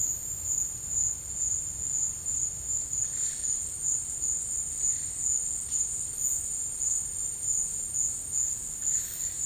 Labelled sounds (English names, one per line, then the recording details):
none
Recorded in dense forest near Puerto Asís, Putumayo, Colombia, on 19 March 2025 at 13:30
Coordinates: 0.485, -76.318
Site G056